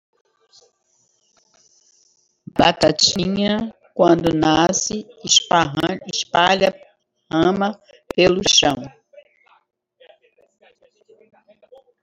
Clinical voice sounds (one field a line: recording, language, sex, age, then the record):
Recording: short text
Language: Brazilian Portuguese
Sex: female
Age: 60 to 69 years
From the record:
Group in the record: control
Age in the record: 68 years